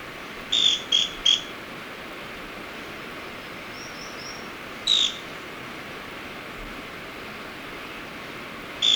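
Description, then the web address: Scale-crested pygmy-tyrant giving short, dry, sharp notes: a quick triple, a softer trio, a single note, then another note at the end, with constant background hiss. Ecuador. "Birds of Ecuador 3. Scale-Crested Pygmy-Tyrant"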